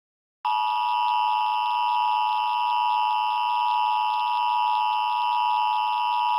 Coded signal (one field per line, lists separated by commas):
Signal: Emergency Alert System (SAME) tones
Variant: 853 and 960 Hz attention tone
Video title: EAS Christmas Special - Stay Frosty